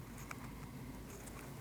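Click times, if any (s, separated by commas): none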